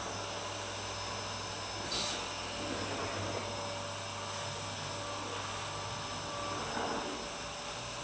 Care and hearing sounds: daily activity, microphone in the room; vacuum cleaning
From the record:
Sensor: 2

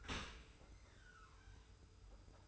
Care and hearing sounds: daily activity, microphone in the room; open dishwasher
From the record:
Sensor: 2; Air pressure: 991.2 hPa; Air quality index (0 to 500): 142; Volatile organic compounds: 276 ppm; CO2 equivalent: 4426 ppm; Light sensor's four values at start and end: 40/114/45/43 and 40/114/45/43

